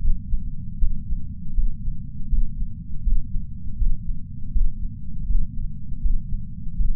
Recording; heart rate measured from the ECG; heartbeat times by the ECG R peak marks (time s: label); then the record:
heart sounds by patch sensor on the chest; 80 bpm
0.01 s: heartbeat
0.78 s: heartbeat
1.54 s: heartbeat
2.29 s: heartbeat
3.03 s: heartbeat
3.77 s: heartbeat
4.52 s: heartbeat
5.26 s: heartbeat
6.01 s: heartbeat
6.76 s: heartbeat
From the record:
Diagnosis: coronary artery disease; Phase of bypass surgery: intraoperative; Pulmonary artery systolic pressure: 21 mmHg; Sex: male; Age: 60 years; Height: 180 cm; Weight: 100 kg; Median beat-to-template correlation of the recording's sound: 0.80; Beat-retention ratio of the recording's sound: 1.00